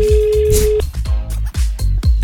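A steady, mid-pitched telephone dialing and ringing tone holds for under a second, then cuts off as heavy rhythmic bass thumps take over, with a faint high beep sounding later.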